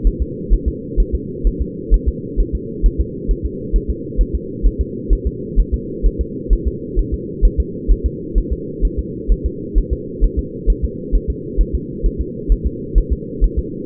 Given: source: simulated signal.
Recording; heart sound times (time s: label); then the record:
fetal heart sounds
0.07 s: S1
0.22 s: S2
0.54 s: S1
0.68 s: S2
1.00 s: S1
1.15 s: S2
1.47 s: S1
1.62 s: S2
1.94 s: S1
2.08 s: S2
2.40 s: S1
2.55 s: S2
2.86 s: S1
3.01 s: S2
3.31 s: S1
3.46 s: S2
3.76 s: S1
3.90 s: S2
4.21 s: S1
4.35 s: S2
4.66 s: S1
4.81 s: S2
5.13 s: S1
5.27 s: S2
5.59 s: S1
5.74 s: S2
6.06 s: S1
6.21 s: S2
6.53 s: S1
6.68 s: S2
6.99 s: S1
7.14 s: S2
7.45 s: S1
7.60 s: S2
7.91 s: S1
8.06 s: S2
8.38 s: S1
8.52 s: S2
8.85 s: S1
8.99 s: S2
9.32 s: S1
9.46 s: S2
9.78 s: S1
9.93 s: S2
10.24 s: S1
10.39 s: S2
10.70 s: S1
10.84 s: S2
11.15 s: S1
11.30 s: S2
11.61 s: S1
11.75 s: S2
12.06 s: S1
12.21 s: S2
12.52 s: S1
12.67 s: S2
12.98 s: S1
13.13 s: S2
13.44 s: S1
13.59 s: S2
From the record:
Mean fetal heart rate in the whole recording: 130 bpm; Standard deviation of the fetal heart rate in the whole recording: 2 bpm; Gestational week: 36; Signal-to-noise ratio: -4.1 dB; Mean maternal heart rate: no maternal heart sound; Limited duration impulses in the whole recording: absent